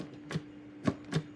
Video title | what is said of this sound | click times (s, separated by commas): Reseña del JUILIST Licuadoras Para Verduras y Frutas, 400W Extractor de jugo con 65MM de Boca Ancha, | hear that? Okay, so that's to make sure that it lets the machine know that you are clicked into place. | 0.3 s